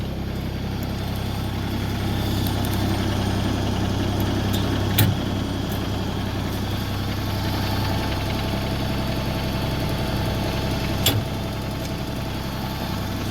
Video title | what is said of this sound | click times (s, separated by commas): Getting ready for some work. Video #13 | locked into place now all I gotta do is set my PTO shaft up do my top link and that's hooked up | 5.0 s, 11.1 s